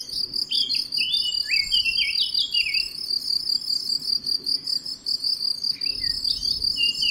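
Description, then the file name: Eurasian blackcap song: quick, twisting warbled phrases early on and a short burst near the end, over a steady, high, pulsing cricket chorus. "Sylvia atricapilla"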